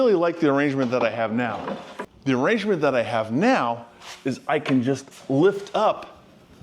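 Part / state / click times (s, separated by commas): lockable folding shelf bracket on a workbench outfeed table / not seated / none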